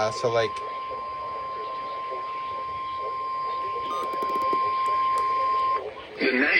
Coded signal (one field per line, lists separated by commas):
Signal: Emergency Alert System (SAME) tones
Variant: 1050 Hz attention tone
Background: speech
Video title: EAS Alerts From July 9, 2025!